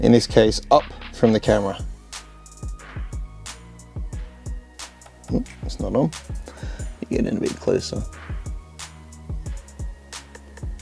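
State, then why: Not seated. A camera ribbon cable connector is handled at its socket on a new FPV camera during mounting, with someone talking over background music and several short, sharp taps. Nothing has seated or clicked yet.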